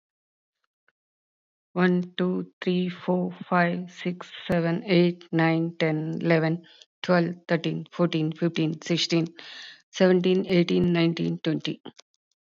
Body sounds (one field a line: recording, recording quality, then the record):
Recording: counting at a normal pace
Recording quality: excellent, no background noise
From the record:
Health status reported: recovered from COVID-19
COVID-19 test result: positive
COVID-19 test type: RT-PCR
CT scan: not taken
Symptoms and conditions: none ticked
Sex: female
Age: 59 years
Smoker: no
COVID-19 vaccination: both doses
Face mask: not worn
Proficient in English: yes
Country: India